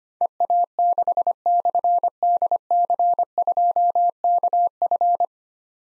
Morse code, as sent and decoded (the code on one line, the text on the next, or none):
. .- -.... -..-. -.. -.-. ..--- -.- ..-.
EA6/DC2KF